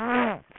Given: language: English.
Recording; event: throat vibration sensor signal played as sound; throat clearing